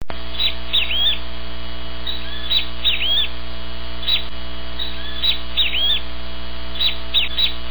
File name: Bem te vi